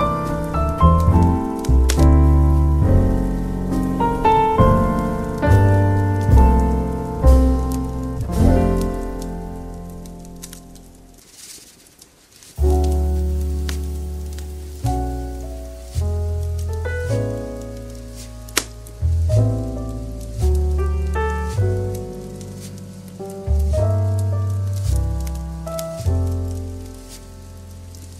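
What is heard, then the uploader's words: Soft light jazz plays, with warm low bass notes under gently ringing chords that swell and fade in a regular pulse. The music drops almost to silence around eleven seconds, then resumes. Faint fireplace crackles tick quietly in the background. Soft Light Jazz & Cozy Crackling Fireplace.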